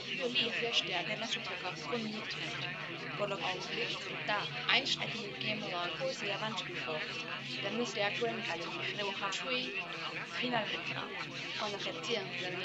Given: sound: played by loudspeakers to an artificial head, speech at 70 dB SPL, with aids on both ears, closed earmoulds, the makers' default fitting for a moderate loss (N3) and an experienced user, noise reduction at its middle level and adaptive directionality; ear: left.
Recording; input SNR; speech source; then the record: speech test signal (ISTS) in cocktail-party noise; -3 dB; in front (0 degrees)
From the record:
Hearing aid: class 1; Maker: F